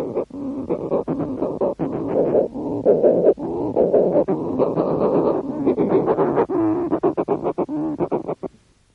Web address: earth naturelibrary. short-tailed shearwater